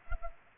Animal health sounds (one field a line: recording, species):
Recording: mosquito wingbeat signal from an infrared sensor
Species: Culex pipiens